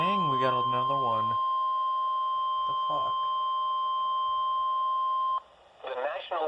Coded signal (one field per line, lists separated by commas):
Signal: Emergency Alert System (SAME) tones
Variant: 1050 Hz attention tone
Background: speech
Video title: EAS #316: Severe Thunderstorm Warning - Indiana (2/28/2020) (Comcast)